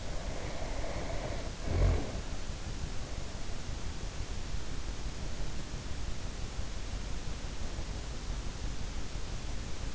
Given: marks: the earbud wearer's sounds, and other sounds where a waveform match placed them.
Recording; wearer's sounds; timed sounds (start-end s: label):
sounds in sleep by an in-ear microphone; snoring breath
0.00-2.37 s: snoring breath